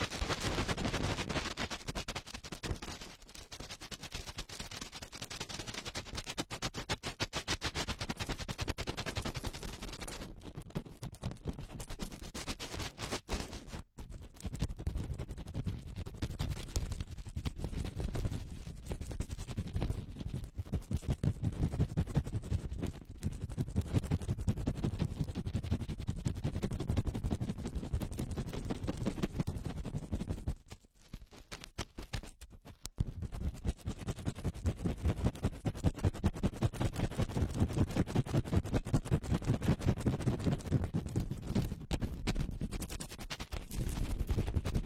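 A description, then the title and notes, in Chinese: Fast, rough ear cleaning makes a dense, continuous crackling scrape with rapid rustling, breaking into brief pauses near fourteen and thirty-two seconds. 高速、暴力清理耳朵。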